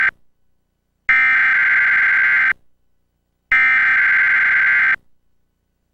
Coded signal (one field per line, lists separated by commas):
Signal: Emergency Alert System (SAME) tones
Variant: header bursts